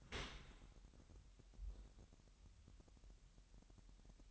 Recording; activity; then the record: daily activity, microphone in the room; open dishwasher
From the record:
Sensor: 3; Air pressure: 998.2 hPa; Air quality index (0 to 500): 152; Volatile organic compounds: 5 ppm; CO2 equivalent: 1811 ppm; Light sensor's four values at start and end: 13/38/15/14 and 13/38/15/14